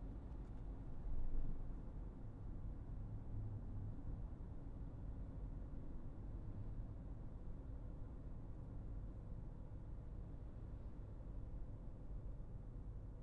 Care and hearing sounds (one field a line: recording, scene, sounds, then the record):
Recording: everyday scene through a hearing-aid microphone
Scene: in a vehicle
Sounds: engine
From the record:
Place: Berlingo II, diesel engine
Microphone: behind the ear, right, front